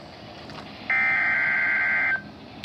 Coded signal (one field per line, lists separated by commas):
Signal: Emergency Alert System (SAME) tones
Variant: header bursts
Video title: 4/28/21 Severe Thunderstorm Warning [EAS #439 - #440]